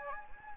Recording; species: mosquito wingbeat signal from an infrared sensor; Anopheles gambiae